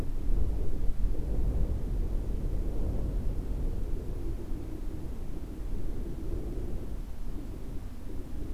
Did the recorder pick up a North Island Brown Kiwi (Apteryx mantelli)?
no